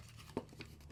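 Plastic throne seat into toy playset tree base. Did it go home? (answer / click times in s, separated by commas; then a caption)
no / none. A plastic throne seat is handled against the tree base of a toy playset, with soft plastic rustling and a brief louder scrape near 0.4 s over quiet room tone. Nothing has seated or clicked yet.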